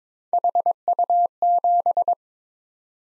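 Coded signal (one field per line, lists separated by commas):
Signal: Morse code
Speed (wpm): 22 wpm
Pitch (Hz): 700 Hz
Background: none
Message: HU7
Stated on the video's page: Head-copy drill of random three-character letter-number groups at 22 wpm, each sent in Morse, spoken, then sent again.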